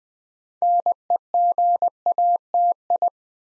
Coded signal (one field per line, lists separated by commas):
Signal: Morse code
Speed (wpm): 20 wpm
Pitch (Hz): 700 Hz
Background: none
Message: NEGATI